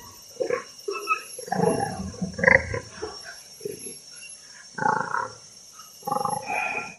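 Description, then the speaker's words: Orangutan laughing, breathy grunts and sharp inhaled gasps in irregular bursts, pausing between bouts, with a faint high hiss throughout. Young orangutan laughing, played as a sound file; more grunting and inhaling than human laughter. "It's actually a young orangutan laughing."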